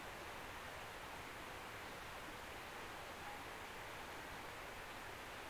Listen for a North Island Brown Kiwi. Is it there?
no